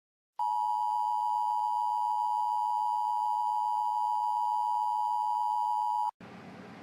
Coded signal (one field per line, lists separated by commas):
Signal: Emergency Alert System (SAME) tones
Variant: 853 and 960 Hz attention tone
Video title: EAS Alert #10 (Severe Weather Warning)